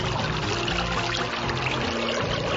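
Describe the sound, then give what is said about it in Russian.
A steady, babbling stream of water flows and gurgles continuously, with bright trickling splashes over a full, rushing wash. No voices are heard. “Бежит ручеек, между деревьев и кустов змейкой вьется, звенит и журчит, на пути полноводная река стоит.”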